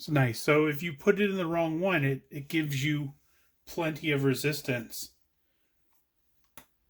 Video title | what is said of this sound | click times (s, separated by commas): Reviewing the McFarlane Toys DC Multiverse Target's CRIME SYNDICATE OWLMAN figure | and that one clicks right in | 6.6 s